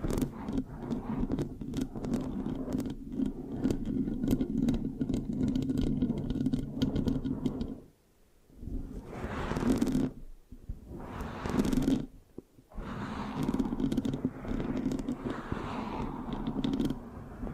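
Mic scratching with a sticky, rubbing texture runs almost continuously, a dense low rumble under quick crackly ticks. Around 8 and 12 seconds it drops nearly silent, and bright sweeping scrapes rise near 10 and 12 seconds before the steady rubbing resumes.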